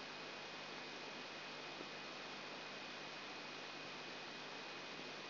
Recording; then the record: brain microelectrode recording played as sound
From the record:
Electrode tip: outside the subthalamic nucleus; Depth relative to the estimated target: -4 mm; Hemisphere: right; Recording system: AlphaMap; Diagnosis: Parkinson's disease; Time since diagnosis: 8 years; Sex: female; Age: 37 years